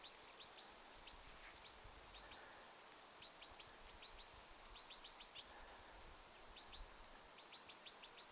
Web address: paivat 2 9 2026 tiklipesue aantelee lahella